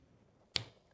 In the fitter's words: In order to connect the two, line them up straight, push in together to hear an audible click, indicating that you are now connected.